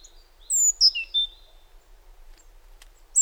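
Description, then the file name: Great tit giving one brief phrase of three or four high, descending whistled notes, followed by quiet and a single sharp note at the end. "Parus major"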